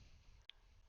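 The top edge of a plastic fairing panel on a 2020–2023 Ninja 650 is lined up and pressed into its mount on the front cowl. Against a steady low background hum, a single short, sharp snap sounds at 0.5 s as the panel seats in place.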